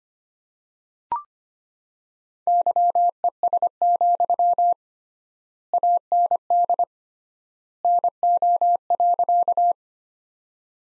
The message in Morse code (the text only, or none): YES, AND NO.